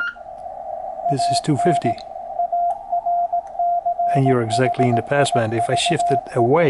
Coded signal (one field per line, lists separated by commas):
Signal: Morse code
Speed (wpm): 18 wpm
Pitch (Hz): 700 Hz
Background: speech, radio noise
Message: AN ARCHIVE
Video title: Yaesu FT-1000D classic high-end ham transceiver